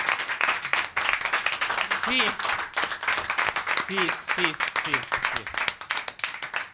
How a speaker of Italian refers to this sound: Un applauso dovuto e presente al maestro Bertolt Brecht.